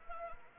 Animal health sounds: mosquito wingbeat signal from an infrared sensor; Anopheles arabiensis

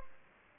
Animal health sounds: mosquito wingbeat signal from an infrared sensor; Aedes aegypti

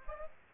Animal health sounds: mosquito wingbeat signal from an infrared sensor; Aedes aegypti

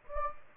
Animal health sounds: mosquito wingbeat signal from an infrared sensor; Anopheles gambiae

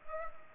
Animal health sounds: mosquito wingbeat signal from an infrared sensor; Culex pipiens

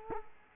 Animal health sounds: mosquito wingbeat signal from an infrared sensor; Culex quinquefasciatus

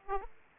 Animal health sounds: mosquito wingbeat signal from an infrared sensor; Aedes aegypti

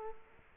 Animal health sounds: mosquito wingbeat signal from an infrared sensor; Aedes aegypti

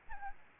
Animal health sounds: mosquito wingbeat signal from an infrared sensor; Aedes albopictus

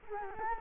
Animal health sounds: mosquito wingbeat signal from an infrared sensor; Culex quinquefasciatus

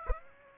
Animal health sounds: mosquito wingbeat signal from an infrared sensor; Aedes aegypti

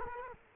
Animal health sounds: mosquito wingbeat signal from an infrared sensor; Culex quinquefasciatus

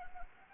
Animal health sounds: mosquito wingbeat signal from an infrared sensor; Anopheles arabiensis

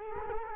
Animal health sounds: mosquito wingbeat signal from an infrared sensor; Culex quinquefasciatus

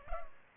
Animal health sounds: mosquito wingbeat signal from an infrared sensor; Culex pipiens

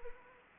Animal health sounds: mosquito wingbeat signal from an infrared sensor; Anopheles arabiensis

